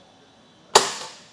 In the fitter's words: until it clicks into place